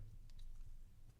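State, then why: Not seated. A chocolatey brown plastic LEGO door piece is handled and pressed toward its door frame, with faint plastic ticks around 0.3 and 0.4 seconds over a low background rumble. Nothing has seated or clicked yet; the door is not yet home in the frame.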